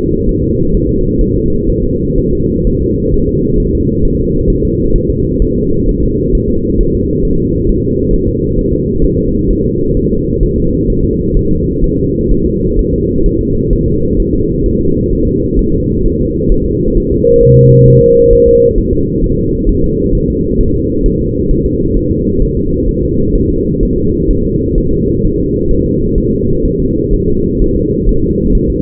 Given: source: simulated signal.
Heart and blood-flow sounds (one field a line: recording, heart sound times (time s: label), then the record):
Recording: fetal heart sounds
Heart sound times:
0.29 s: S1
0.44 s: S2
0.75 s: S1
0.89 s: S2
1.21 s: S1
1.36 s: S2
1.70 s: S1
1.84 s: S2
2.19 s: S1
2.33 s: S2
2.67 s: S1
2.82 s: S2
3.14 s: S1
3.29 s: S2
3.60 s: S1
3.75 s: S2
4.05 s: S1
4.20 s: S2
4.50 s: S1
4.65 s: S2
4.96 s: S1
5.10 s: S2
5.42 s: S1
5.57 s: S2
5.89 s: S1
6.03 s: S2
6.35 s: S1
6.50 s: S2
6.81 s: S1
6.95 s: S2
7.25 s: S1
7.40 s: S2
7.69 s: S1
7.84 s: S2
8.14 s: S1
8.28 s: S2
8.59 s: S1
8.73 s: S2
9.04 s: S1
9.19 s: S2
9.50 s: S1
9.65 s: S2
9.97 s: S1
10.12 s: S2
10.43 s: S1
10.58 s: S2
10.90 s: S1
11.05 s: S2
11.37 s: S1
11.51 s: S2
11.84 s: S1
11.99 s: S2
12.31 s: S1
12.46 s: S2
12.79 s: S1
12.94 s: S2
13.26 s: S1
13.41 s: S2
13.73 s: S1
13.88 s: S2
14.20 s: S1
14.34 s: S2
14.66 s: S1
14.81 s: S2
15.13 s: S1
15.27 s: S2
15.59 s: S1
15.74 s: S2
16.06 s: S1
16.20 s: S2
16.52 s: S1
16.66 s: S2
16.98 s: S1
17.12 s: S2
17.43 s: S1
17.58 s: S2
17.88 s: S1
18.03 s: S2
18.33 s: S1
18.48 s: S2
18.78 s: S1
18.93 s: S2
19.24 s: S1
19.38 s: S2
19.69 s: S1
19.84 s: S2
20.15 s: S1
20.30 s: S2
20.61 s: S1
20.75 s: S2
21.06 s: S1
21.21 s: S2
21.51 s: S1
21.66 s: S2
21.97 s: S1
22.11 s: S2
22.42 s: S1
22.57 s: S2
22.89 s: S1
23.03 s: S2
23.36 s: S1
23.50 s: S2
23.83 s: S1
23.98 s: S2
24.31 s: S1
24.45 s: S2
24.78 s: S1
24.93 s: S2
25.25 s: S1
25.39 s: S2
25.71 s: S1
25.86 s: S2
26.18 s: S1
26.33 s: S2
26.66 s: S1
26.80 s: S2
27.14 s: S1
27.28 s: S2
27.62 s: S1
27.76 s: S2
28.09 s: S1
28.24 s: S2
28.55 s: S1
28.70 s: S2
From the record:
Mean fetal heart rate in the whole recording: 130 bpm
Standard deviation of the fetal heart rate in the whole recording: 4 bpm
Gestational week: 38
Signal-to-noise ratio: -15.3 dB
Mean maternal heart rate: 72 bpm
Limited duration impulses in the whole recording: present